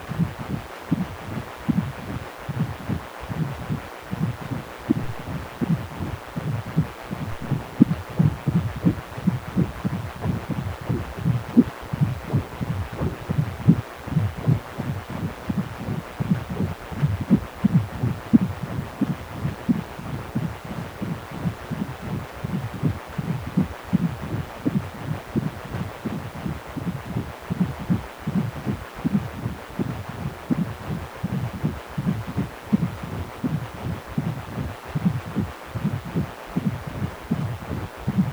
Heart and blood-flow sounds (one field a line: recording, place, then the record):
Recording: Doppler ultrasound of blood flow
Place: precordium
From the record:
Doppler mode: continuous wave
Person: healthy adult, 18 to 50 years, no heart murmur, not diving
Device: 2.5 MHz transducer